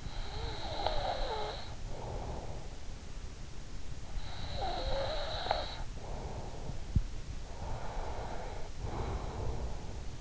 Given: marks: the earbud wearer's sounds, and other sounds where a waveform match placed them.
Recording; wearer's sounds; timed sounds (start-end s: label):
sounds in sleep by an in-ear microphone; breath
0.00-2.91 s: breath
3.82-7.08 s: breath
7.40-10.21 s: breath